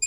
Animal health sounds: pig call; weaner (32 to 43 days)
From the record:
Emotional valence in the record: negative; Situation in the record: long isolation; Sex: female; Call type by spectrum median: high-frequency call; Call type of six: high-frequency stable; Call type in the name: high-frequency stable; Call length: 0.07 s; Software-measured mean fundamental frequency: 1834 Hz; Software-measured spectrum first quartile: 3300 Hz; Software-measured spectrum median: 6836 Hz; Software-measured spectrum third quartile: 7524 Hz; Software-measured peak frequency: 7335 Hz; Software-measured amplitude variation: 39 dB a second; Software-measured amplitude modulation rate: 6.9 a second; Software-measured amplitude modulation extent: 5.7 dB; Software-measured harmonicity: 22.5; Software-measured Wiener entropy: -5.84

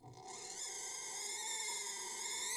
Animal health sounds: pig call; weaner (32 to 43 days)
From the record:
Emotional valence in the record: negative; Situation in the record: restrain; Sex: male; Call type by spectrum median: high-frequency call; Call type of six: high-frequency stable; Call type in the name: high-frequency stable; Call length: 2.6 s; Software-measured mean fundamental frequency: 272 Hz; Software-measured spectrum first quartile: 2858 Hz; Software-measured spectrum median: 5634 Hz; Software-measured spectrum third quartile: 7468 Hz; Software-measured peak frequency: 7332 Hz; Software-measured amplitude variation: 87 dB a second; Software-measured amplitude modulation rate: 27.3 a second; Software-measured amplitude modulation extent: 3.2 dB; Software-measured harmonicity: 1.5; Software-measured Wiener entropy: -1.96

